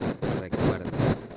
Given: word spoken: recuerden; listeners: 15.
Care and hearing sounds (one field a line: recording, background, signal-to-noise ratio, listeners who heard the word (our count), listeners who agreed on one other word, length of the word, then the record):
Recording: one Spanish word in noise, from a listening test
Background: noise modulated by one talker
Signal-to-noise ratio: -11.1 dB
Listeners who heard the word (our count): 0 of 15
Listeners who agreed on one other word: 9 of 15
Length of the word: 0.97 s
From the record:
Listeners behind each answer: 9, 3, 3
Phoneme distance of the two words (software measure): 17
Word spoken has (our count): 3 syllables, 9 phonemes, stress on syllable 2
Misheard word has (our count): 3 syllables, 8 phonemes, stress on syllable 2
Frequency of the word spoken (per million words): 2.86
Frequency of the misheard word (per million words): 100.82